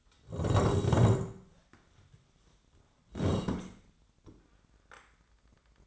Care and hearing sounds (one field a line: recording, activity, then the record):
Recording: daily activity, microphone in the room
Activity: sit down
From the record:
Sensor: 3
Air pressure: 1012.3 hPa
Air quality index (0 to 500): 173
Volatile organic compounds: 3 ppm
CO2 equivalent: 1326 ppm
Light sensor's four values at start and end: 71/167/77/87 and 94/207/99/113